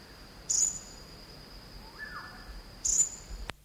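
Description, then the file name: Elegant sunbird uttering two sharp, high-pitched chips a little over two seconds apart, against a steady buzzing insect tone and a faint lower note between. Call recorded on Sangihe. "aethopyga duyvenbodei sangihe call"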